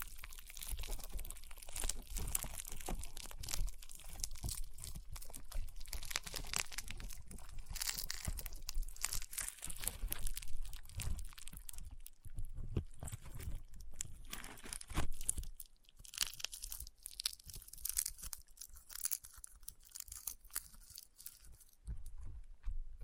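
Crunchy, popping slime is squeezed and pressed, giving a dense run of crackles and small pops that fills the first half almost without break. After about 15 seconds the crunching thins into sparser bursts with short quiet gaps, then thickens again near the end.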